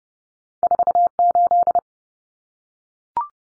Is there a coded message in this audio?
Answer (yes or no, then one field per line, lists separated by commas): yes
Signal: Morse code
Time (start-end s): 0.6-1.8 s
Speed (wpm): 30 wpm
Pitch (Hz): 700 Hz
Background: none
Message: 48